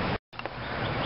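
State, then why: Torque reached. A click-type torque wrench tightens a spark plug in an engine cylinder head to 11–14 ft-lb. Two sharp clicks sound at 0.4 s and 0.5 s as the wrench breaks at its setting, confirming the torque is reached. There is a brief silent gap just before the clicks, and steady background noise continues after.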